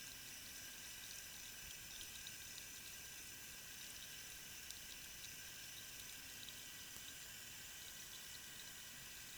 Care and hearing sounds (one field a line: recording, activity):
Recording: daily activity, guitar pickup as the sensor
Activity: wash hands